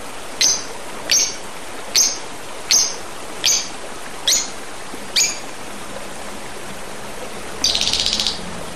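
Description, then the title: Oriental magpie-robin repeating crisp high chirps roughly every three-quarters of a second, ending with a short harsh buzzy burst. "Kicau Kacer"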